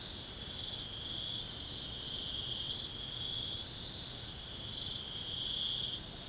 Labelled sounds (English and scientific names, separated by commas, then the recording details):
none
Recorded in pastures near Puerto Asís, Putumayo, Colombia, on 29 June 2025 at 03:30
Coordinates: 0.497, -76.327
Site G040